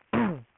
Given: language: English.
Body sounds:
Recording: throat vibration sensor signal played as sound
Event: throat clearing

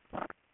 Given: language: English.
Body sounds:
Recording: throat vibration sensor signal played as sound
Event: swallow

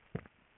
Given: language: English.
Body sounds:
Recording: throat vibration sensor signal played as sound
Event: swallow

